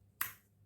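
The sleeve of a compressor air-hose quick coupler is pulled back to release the air hose plug from its socket. A single sharp click sounds at 0.2 s, and the coupler is open and disconnected.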